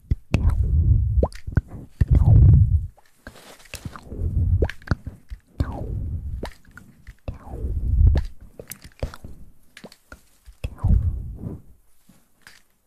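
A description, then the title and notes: Fast, wet mouth sounds: rapid clicks, pops and smacks scattered throughout, with bursts of low, breathy rumbling roughly every two seconds. Sharp bright snaps cut through between these swells, and quiet gaps separate the busier clusters. ASMR Fast Mouth Sounds.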